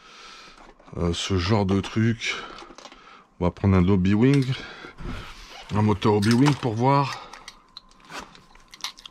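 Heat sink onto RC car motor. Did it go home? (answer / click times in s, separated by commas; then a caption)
yes / 8.8 s. Someone talks while a plastic/aluminium heat sink with fans is pushed onto the motor of a SWORKZ S35 4e RC car, with a few small handling clicks near the end. After a bit of effort it clips on with a sharp click at 8.8 s, and the heat sink is seated on the motor.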